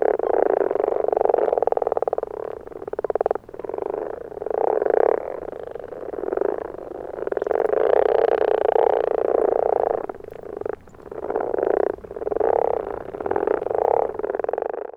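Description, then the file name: Common frog chorus: dense low croaking and purring, continuous with brief gaps. "konnad rohukonn"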